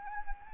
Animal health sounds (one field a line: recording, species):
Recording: mosquito wingbeat signal from an infrared sensor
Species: Anopheles arabiensis